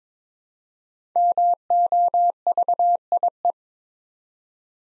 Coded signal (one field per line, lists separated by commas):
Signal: Morse code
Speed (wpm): 22 wpm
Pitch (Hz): 700 Hz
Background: none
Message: MOVIE